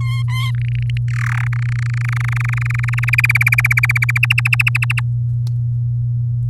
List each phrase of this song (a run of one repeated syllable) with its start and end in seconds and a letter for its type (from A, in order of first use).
0.00-0.51 A, 0.55-0.97 B, 1.08-1.47 C, 1.52-3.05 D, 3.07-4.18 E, 4.23-5.00 F